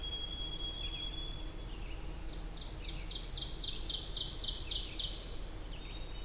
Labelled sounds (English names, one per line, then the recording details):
Ovenbird song
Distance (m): 40 m
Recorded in boreal forest in Alberta, Canada, on 20 June 2016 at 07:19
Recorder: SongMeter 3, array SBT-6-81
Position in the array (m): 30 m, 241 m
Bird 26